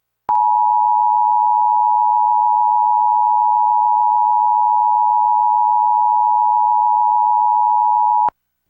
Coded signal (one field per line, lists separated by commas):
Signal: Emergency Alert System (SAME) tones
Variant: 853 and 960 Hz attention tone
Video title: EAS #637-638: 2 EAS Required Monthly Tests- June 7, 2022- 12:15AM PDT